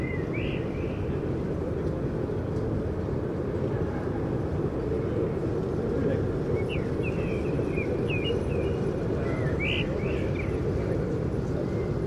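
A steady low rumble of traffic fills a public space south of Holland Spoor station in Den Haag, dense and unchanging throughout. Short bird chirps break through above it, a few near the start and clustered between six and eleven seconds.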